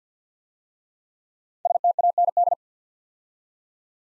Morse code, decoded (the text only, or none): STAND